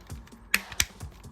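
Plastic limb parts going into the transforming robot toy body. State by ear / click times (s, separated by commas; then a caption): seated / 0.5 s, 0.8 s. Plastic limb parts of a transforming robot toy are folded and pressed into the toy body, giving soft handling rustles and then two sharp, bright plastic clicks at 0.5 s and 0.8 s. The parts snap into their locked positions.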